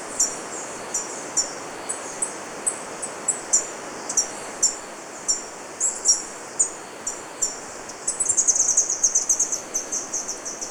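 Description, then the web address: Golden-eared tanager calling with sharp, high-pitched chips about twice a second, speeding into a rapid twittering run near the end, with background hiss throughout. Recorded in Ecuador. "Natures Songs S America Birds of Ecuador. Golden-Eared Tanager"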